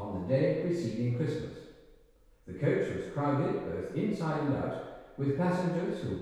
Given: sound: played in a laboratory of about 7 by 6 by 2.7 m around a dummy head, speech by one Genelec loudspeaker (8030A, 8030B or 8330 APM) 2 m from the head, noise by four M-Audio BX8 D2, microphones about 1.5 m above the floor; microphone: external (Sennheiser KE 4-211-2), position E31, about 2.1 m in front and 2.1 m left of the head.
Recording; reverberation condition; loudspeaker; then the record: male speech in English; high; 60 degrees to the left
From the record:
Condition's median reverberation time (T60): about 1300 ms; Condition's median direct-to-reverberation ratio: about -4.0 dB